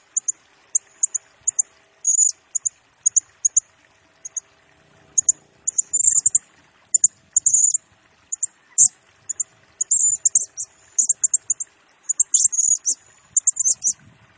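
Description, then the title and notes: Blue-crowned hanging parrot song, sharp high notes repeated in quick succession, mixed with longer buzzy trills. Lure and master-tutor song for training birds; bird described as gacor (in full, chatty song), singing in the nembak (rapid, shooting) style. "Burung Serindit Nembak Gacor Bikin Emosi Semua Burung. Suara Nasteran Dan Pemikat Burung Serinditan Gacor"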